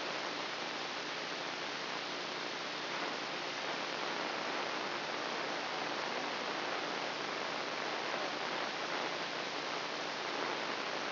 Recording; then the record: brain microelectrode recording played as sound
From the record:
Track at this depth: inside the subthalamic nucleus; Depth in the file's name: 4.507 mm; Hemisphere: left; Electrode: 2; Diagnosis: Parkinson's disease